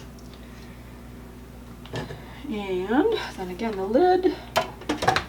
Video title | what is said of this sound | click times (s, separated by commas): Nutribullet Juicer Pro Review | and it snaps in place so that you when you're tugging it out it's not it's not coming out easily | 1.9 s